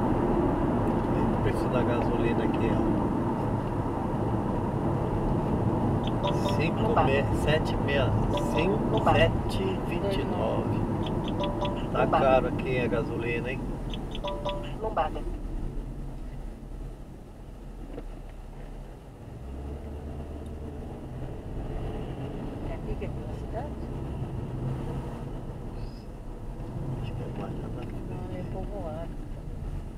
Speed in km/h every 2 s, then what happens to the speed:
84, 78, 77, 75, 70, 55, 36, 21, 14, 23, 35, 41, 43, 33, 18.
0-15 brakes to 14. 17-23 speeds up to 43. 25-30 brakes to 18.